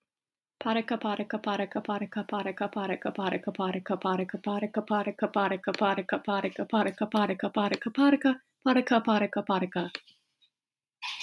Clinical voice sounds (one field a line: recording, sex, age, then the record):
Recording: repeated syllables /pa ta ka/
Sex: female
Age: 20 to 29 years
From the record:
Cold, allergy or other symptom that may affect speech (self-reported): no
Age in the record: 24 years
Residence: New York, United States